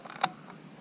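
An old fuel cap is screwed onto the fuel filler neck of a Scion xD to check whether it is still good before a new one is fitted. Its ratchet clicks as it is tightened, with sharp clicks at 0.1 s and 0.2 s and a louder one at 0.2 s (0.24 s). The cap tightens to its click and may still be good.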